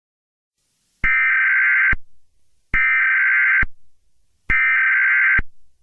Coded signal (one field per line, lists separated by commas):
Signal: Emergency Alert System (SAME) tones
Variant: header bursts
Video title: EAS Scenario Short #38: The Labor Day Massacre